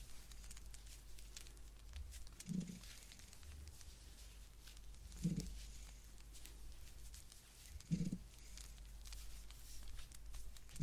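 Blanket knitting, with faint, scattered ticks and light clicks of the needles running steadily throughout. A low, soft thump or brief hum recurs about every two and a half seconds, over a constant low rumble underneath.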